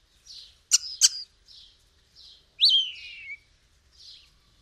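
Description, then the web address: Bird giving faint high chirps around two sharp clicky notes, then a louder whistle that rises abruptly and slides down, followed by a faint chirp. "Deverinetal 2025. Bird Only"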